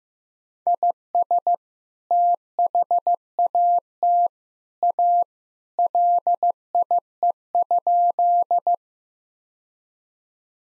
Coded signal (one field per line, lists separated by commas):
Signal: Morse code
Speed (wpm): 15 wpm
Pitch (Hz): 700 Hz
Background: none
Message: IS THAT A LIE?